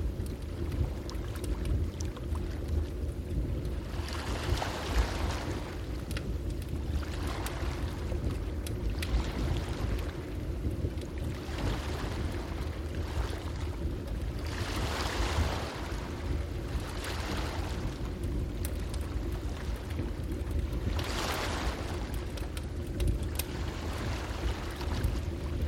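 Ocean waves wash in at a gentle, fairly regular pace, each swell rising into a soft hiss every few seconds, strongest around the middle and near the end. Beneath them runs a steady low rumble, with faint crackle and small pops scattered throughout.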